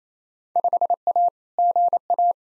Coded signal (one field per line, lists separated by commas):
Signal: Morse code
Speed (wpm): 28 wpm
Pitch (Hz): 700 Hz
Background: none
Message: 5A GA